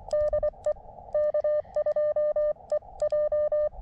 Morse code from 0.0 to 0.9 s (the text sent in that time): DE